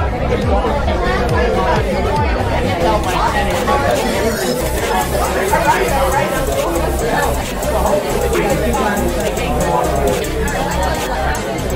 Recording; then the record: background sound without coughing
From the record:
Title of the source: Nightlife Party Simulating Party Club Noise 1 Hour